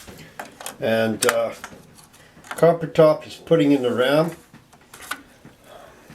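A child handles a RAM memory module at a motherboard DIMM slot while someone talks, with a few small sharp taps and handling noises between the words. The module has not yet been pushed home, so its retaining latches have not clicked and nothing has seated yet.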